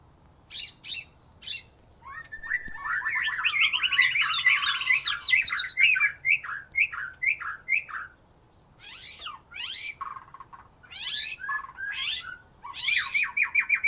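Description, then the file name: White-rumped shama song: a rich run of varied whistled and slurred notes with sharp chips, pausing briefly before more bright, high phrases. "murai batu"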